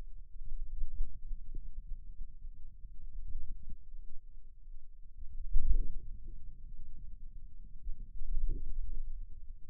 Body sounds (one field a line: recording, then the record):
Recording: forearm muscle sounds (acoustic myography)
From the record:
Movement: pen grasping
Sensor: system 2, bracelet of six BSWA MPA416 microphones around the upper forearm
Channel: 6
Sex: male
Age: 22 years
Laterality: right